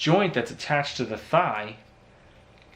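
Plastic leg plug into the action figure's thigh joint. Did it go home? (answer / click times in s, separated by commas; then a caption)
no / none. A small plastic plug on the torso of a McFarlane Toys 6-inch Fortnite Black Knight action figure is being handled to reattach the leg into the plastic joint on the upper thigh. Someone talks for most of the clip, then two faint, brief ticks come at about 2.6 s and 2.8 s over quiet background. Nothing has seated or clicked yet.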